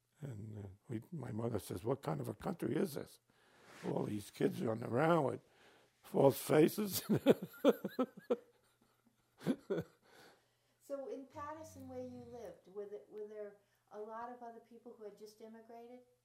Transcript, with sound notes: and my mother says, "What kind of a country is this? All this kids running around with false faces." [Laughs]
So in Patterson where you lived, were there a lot of other people who had just immigrated?